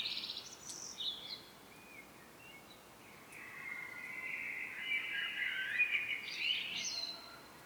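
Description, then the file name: Blackbird song: short high squeaky notes at the start, a quiet spell, then a soft, drawn-out warbled phrase with high twitters. "Turdus merula"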